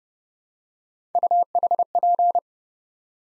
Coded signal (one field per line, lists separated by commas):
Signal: Morse code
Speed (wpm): 30 wpm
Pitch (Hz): 700 Hz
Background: none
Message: UHP